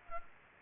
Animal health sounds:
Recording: mosquito wingbeat signal from an infrared sensor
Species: Culex pipiens

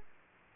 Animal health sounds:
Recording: mosquito wingbeat signal from an infrared sensor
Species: Aedes aegypti

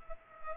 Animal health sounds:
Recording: mosquito wingbeat signal from an infrared sensor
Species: Culex pipiens

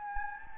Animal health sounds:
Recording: mosquito wingbeat signal from an infrared sensor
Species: Anopheles gambiae

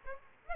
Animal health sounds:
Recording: mosquito wingbeat signal from an infrared sensor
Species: Aedes aegypti

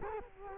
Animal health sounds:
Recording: mosquito wingbeat signal from an infrared sensor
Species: Culex quinquefasciatus

